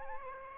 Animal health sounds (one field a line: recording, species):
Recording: mosquito wingbeat signal from an infrared sensor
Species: Aedes aegypti